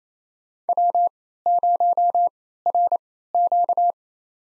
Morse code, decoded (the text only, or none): W0RQ